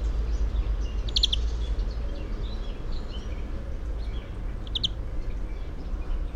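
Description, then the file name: European greenfinch giving two brief stuttering chirp series, early and late, each a few clipped notes, with a heavy low hum throughout. "Chloris chloris"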